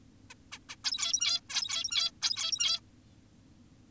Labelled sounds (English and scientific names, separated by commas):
Zebra Finch (Taeniopygia guttata)